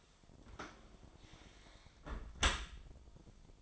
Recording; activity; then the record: daily activity, microphone in the room; close dishwasher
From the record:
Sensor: 5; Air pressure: 1003.2 hPa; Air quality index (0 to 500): 130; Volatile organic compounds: 1 ppm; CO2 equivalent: 949 ppm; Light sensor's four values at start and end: 127/312/128/150 and 106/255/107/123